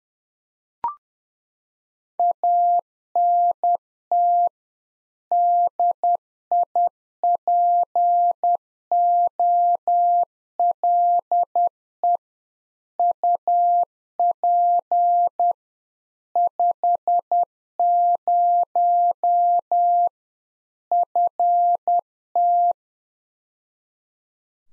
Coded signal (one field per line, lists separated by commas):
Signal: Morse code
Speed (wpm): 10 wpm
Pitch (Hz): 700 Hz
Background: none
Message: ANT DIPOLE UP 50 FT